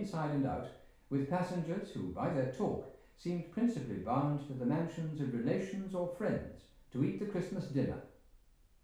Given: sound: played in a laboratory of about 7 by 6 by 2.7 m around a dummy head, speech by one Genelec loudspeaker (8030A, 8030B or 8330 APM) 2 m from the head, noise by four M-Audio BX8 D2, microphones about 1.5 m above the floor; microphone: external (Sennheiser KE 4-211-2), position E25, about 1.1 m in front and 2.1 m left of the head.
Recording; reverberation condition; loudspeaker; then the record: male speech in English; medium; 30 degrees to the left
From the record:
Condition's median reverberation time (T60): about 510 ms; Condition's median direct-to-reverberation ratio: about -0.5 dB